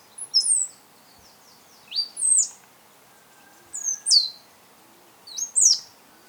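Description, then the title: Black-crested Warbler calling with high, thin, steeply falling chips, usually paired, coming in groups about every one and a half to two seconds against a quiet background. "Myiothlypis Nigrocristata"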